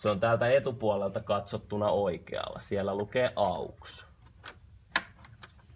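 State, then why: Seated. Someone talks, then a 3.5 mm audio cable plug is pushed into the AUX input on the back of a portable speaker. A sharp click is heard at 5.0 s, along with a few fainter ticks around it, and the cable is then firmly in place.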